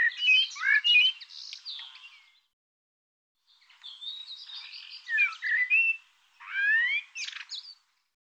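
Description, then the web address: Bird song in three varied phrases with short gaps, full of chattering chirps, buzzy bits and downslurred whistles. "cianscape birddata Deverinetal 2025 Bird Tu Me Tu Me"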